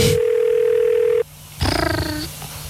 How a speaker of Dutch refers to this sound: Er belt iemand. Ondertussen. Die bellen terug, die Amerikanen.